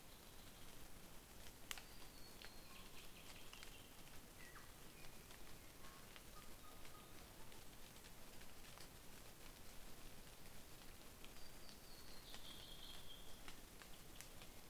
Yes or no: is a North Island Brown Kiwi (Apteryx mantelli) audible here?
no